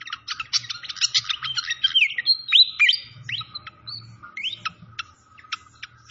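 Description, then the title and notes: Malaysian pied fantail song of quick high chirps and clicks, broken by clear whistled notes that rise and fall through the middle, over a faint low rumble. Masteran (training recording) of clear-voiced song mixed with the sound of trickling water. "Masteran Sikatan Kipas Suara Jernih Dan Suara Gemericik Air. Suara Burung Sikatan Londo"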